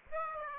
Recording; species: mosquito wingbeat signal from an infrared sensor; Aedes aegypti